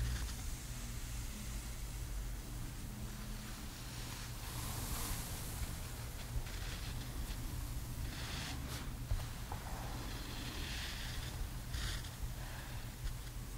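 A hair dryer runs throughout as part of a gentle styling session, a steady low motor hum beneath an even whooshing airflow. Brighter rushing swells come in around five, nine and twelve seconds, with faint rustling between them.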